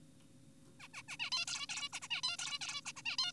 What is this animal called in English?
Zebra Finch